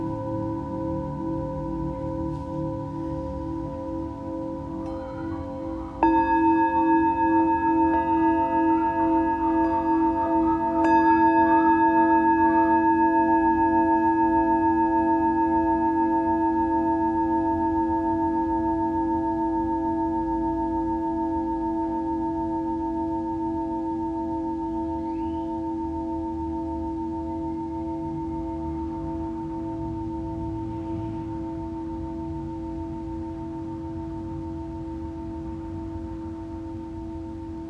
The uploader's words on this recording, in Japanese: 気持ちが落ち着くシンギングボウルサウンドヒーリング。チベタンシンギングボウル。